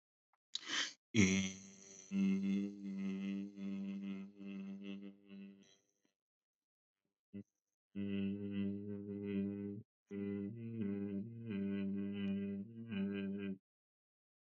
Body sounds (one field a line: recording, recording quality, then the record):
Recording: sustained vowel as in made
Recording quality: excellent, no background noise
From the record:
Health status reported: healthy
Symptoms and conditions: none ticked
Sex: male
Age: 27 years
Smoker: not ticked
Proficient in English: yes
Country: India